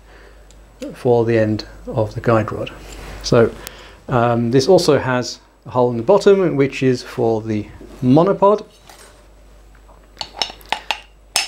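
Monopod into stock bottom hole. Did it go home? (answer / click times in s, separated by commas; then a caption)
yes / 11.4 s. Someone talks while a steel monopod is fitted into the hole in the bottom of the stock block of an AA52 French general-purpose machine gun. A series of light metallic clinks follows from about 10.2 s to 10.9 s, then a loud final metallic click at 11.4 s as the monopod seats in place.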